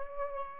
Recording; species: mosquito wingbeat signal from an infrared sensor; Aedes aegypti